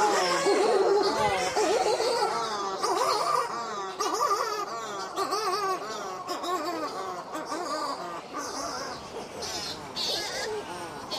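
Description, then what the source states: Buller's shearwater chorus, many birds giving overlapping warbling, wavering cries in a dense continuous mass, with a few higher calls above. Chorus of many birds hiding among rocks at their burrows in a boulder field, about 3:30 am, Aorangi, predator-free Poor Knights Islands, heard with head torch off.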